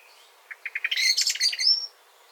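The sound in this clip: Eurasian blackbird giving a single rapid phrase of dry clicking notes that run into a high, squeaky twitter, lasting about one and a half seconds.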